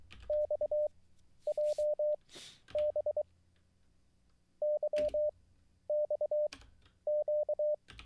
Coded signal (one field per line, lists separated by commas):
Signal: Morse code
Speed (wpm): 23 wpm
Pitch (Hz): 600 Hz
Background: none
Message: XJBYXQ